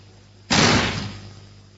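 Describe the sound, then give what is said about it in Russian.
A door opens with one sudden, loud bang as someone enters; it rings out briefly and fades over a moment, leaving a low steady hum behind. No one speaks. “Я замечаю, что как я только в дверь, вы все сожмете губы.”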